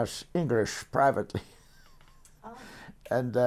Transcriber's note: chuckles